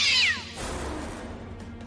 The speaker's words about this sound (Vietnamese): Vừa mở cửa thì từ bên trong xe khẽ vang lên một tiếng mèo kêu.